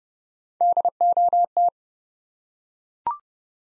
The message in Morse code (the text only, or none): DOT